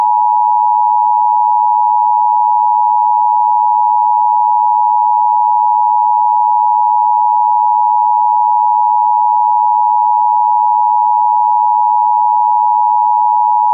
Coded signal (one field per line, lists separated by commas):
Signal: Emergency Alert System (SAME) tones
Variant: 853 and 960 Hz attention tone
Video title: EAS Fire Weather Watch (EAS #9) (HD)